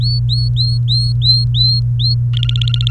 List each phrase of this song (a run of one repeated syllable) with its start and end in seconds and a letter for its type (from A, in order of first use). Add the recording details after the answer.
0.01-2.15 A, 2.33-2.90 B. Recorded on 28 April 2018 at 16:07. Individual llb3